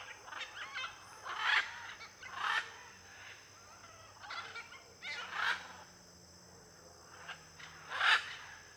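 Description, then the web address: Blue-and-yellow macaw calls: a flock giving harsh grating squawks and chatter at irregular intervals, with steady cricket drone behind. Flock of macaws in an area with many palm trees, with cricket noise. "Conjunto de Araras em Area de Muitas Palmeiras e ruidos de grilo. etiqueta arara-caninde"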